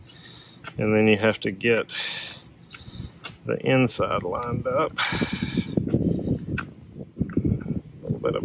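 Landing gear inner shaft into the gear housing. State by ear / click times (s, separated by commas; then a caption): seated / 8.4 s. While an RV's landing gear is being reassembled, the inner shaft is wiggled back and forth and up and down in the gear housing to line it up with the gearbox inside, as someone talks. Short knocks and taps of handling are heard along the way. The shaft clicks into place at 8.4 s and is seated.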